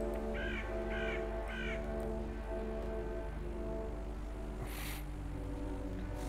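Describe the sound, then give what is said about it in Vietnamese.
A crow behind a house gives three harsh, rasping caws in quick succession, followed by quiet over a steady low hum, with a brief burst of hiss near the end. “Đâu biết rằng từ đằng sau ngôi nhà kia vang lên một tiếng quạ kêu lạnh lót.”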